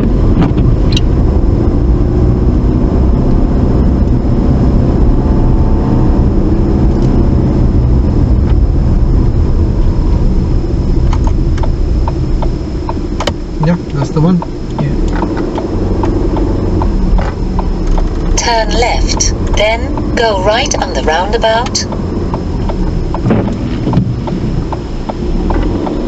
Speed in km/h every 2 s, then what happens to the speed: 29, 32, 31, 27, 19, 10, 3, 8, 8, 11, 11, 3, 6.
0-5 steady at about 31. 5-12 brakes to 3. 12-17 speeds up to 11. 20-23 slows to 3.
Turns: none.